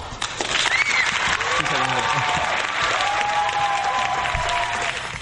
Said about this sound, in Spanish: Sí, señor, pues yo creo que este señor y su equipo se merecen un aplauso.